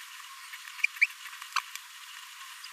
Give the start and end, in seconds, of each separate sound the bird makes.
0.83-0.86, 1.01-1.06, 1.56-1.58